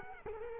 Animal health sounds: mosquito wingbeat signal from an infrared sensor; Culex quinquefasciatus

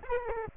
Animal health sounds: mosquito wingbeat signal from an infrared sensor; Aedes aegypti

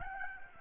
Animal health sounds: mosquito wingbeat signal from an infrared sensor; Aedes albopictus

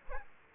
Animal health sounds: mosquito wingbeat signal from an infrared sensor; Culex quinquefasciatus

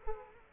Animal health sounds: mosquito wingbeat signal from an infrared sensor; Culex quinquefasciatus

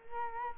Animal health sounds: mosquito wingbeat signal from an infrared sensor; Culex quinquefasciatus

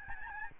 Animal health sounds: mosquito wingbeat signal from an infrared sensor; Aedes albopictus

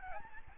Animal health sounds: mosquito wingbeat signal from an infrared sensor; Aedes albopictus

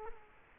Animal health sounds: mosquito wingbeat signal from an infrared sensor; Culex quinquefasciatus

